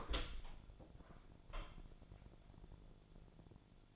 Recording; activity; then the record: daily activity, microphone in the room; open door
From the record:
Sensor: 5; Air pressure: 1000.5 hPa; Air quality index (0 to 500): 155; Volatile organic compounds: 2 ppm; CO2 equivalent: 1192 ppm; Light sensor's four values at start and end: 47/110/46/49 and 47/110/46/49